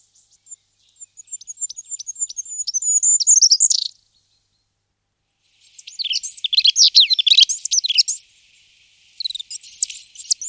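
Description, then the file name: Goldcrest song: a very high, thin phrase of rapidly repeated notes that swell and end in a quick flourish, then two busier, jumbled bursts of high twittering notes. "králíček-obecný"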